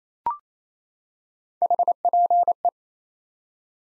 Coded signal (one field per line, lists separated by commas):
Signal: Morse code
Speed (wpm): 28 wpm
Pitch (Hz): 700 Hz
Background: none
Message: HPE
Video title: Top 90 QSO Elements 28wpm